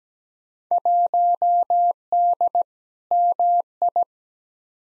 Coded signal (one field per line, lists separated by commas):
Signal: Morse code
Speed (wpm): 17 wpm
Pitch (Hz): 700 Hz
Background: none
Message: 1D MI